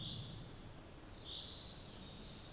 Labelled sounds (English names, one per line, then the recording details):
Common Chaffinch
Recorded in Germany
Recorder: ecoPi